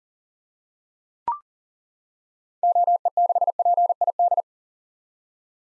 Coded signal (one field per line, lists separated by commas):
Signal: Morse code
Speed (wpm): 40 wpm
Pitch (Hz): 700 Hz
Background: none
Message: OE6PID